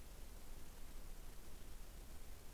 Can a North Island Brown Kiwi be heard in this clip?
no